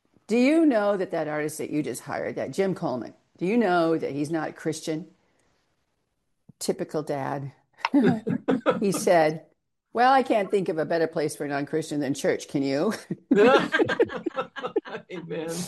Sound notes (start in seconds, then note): 7.9 laughs; 13.3 laughs